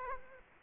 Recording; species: mosquito wingbeat signal from an infrared sensor; Culex quinquefasciatus